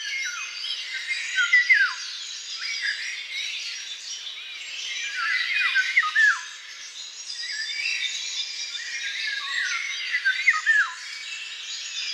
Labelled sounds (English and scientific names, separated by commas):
Eurasian Golden Oriole (Oriolus oriolus) song